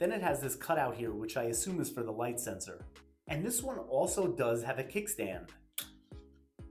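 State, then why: Seated. Someone talks over background music, then flips out the plastic kickstand on a rugged protective iPhone 16 phone case. A sharp tick at 5.8 seconds marks the kickstand clicking into its locked open position.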